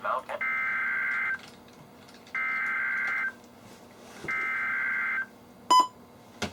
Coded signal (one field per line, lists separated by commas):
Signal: Emergency Alert System (SAME) tones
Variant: header bursts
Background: speech